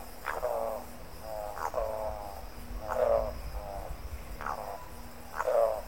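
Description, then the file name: Spot-billed Toucanet calling with a series of low, rattling croaks repeated at a steady pace. "canto da aracaripoca grande"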